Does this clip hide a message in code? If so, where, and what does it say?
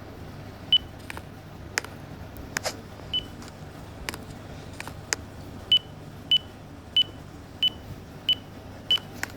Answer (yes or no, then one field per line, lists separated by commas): no